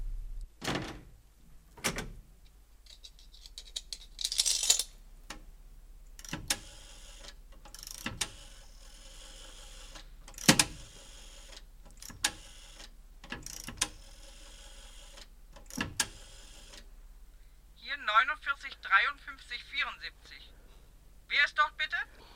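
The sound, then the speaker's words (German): A man uses a payphone in a phone booth: sharp mechanical clacks and coin drops, then the whirring ratchet of a rotary dial spinning back between turns, followed by a voice speaking briefly at the end. “Er geht in die Telefonzelle.”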